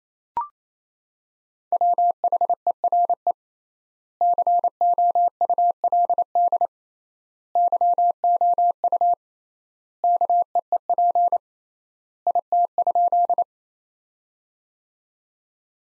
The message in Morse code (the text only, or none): WHERE COULD YOU KEEP IT?